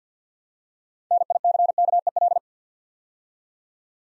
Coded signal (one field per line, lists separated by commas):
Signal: Morse code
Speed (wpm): 50 wpm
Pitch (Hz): 700 Hz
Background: none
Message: NICKEL